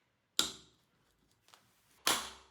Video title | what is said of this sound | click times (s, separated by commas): How to Replace a Shimano Pressfit Bottom Bracket (Step-by-Step Guide) | through, and then you just wait until you hear a little click. | 0.4 s